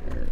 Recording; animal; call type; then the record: contact call of a hoofed animal; wild boar; grunt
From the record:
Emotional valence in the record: positive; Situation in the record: food anticipation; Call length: 0.32 s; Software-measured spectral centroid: 1130 Hz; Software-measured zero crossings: 180 a second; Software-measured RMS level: -24 dBFS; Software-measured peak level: -15 dBFS